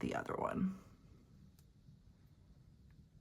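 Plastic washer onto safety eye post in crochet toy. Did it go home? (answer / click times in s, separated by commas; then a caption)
no / none. Someone talks briefly while handling the plastic washer for the second plastic safety eye, about to press it down onto the back of the eye post through the crocheted fabric of a crochet octopus toy. After that there is only quiet handling noise with a faint tick, and nothing has seated or clicked yet.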